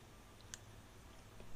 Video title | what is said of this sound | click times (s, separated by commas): 2020 Ice Bear Trike - DC Accessory Wiring | um so when i push this in you can maybe hear it that little click right there now it's in | 0.5 s